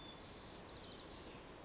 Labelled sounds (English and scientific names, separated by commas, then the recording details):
White-crowned Sparrow (Zonotrichia leucophrys)
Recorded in Sonoma County, California